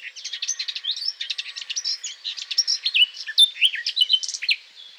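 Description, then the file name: Eurasian blackcap song, a fast, dense, scratchy warble of high chattering notes with a few clearer whistled phrases near the end, running almost without pause. "Sylvia atricapilla"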